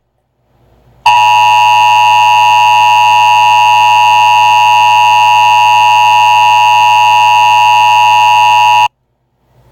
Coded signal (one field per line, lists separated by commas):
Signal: Emergency Alert System (SAME) tones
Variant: 853 and 960 Hz attention tone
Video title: San Andreas EAS Alert system test 7/24/18